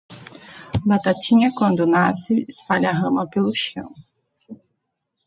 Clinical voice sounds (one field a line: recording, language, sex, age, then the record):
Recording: short text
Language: Brazilian Portuguese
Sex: female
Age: 20 to 29 years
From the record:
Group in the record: control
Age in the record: 27 years